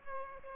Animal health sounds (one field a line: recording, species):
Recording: mosquito wingbeat signal from an infrared sensor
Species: Aedes aegypti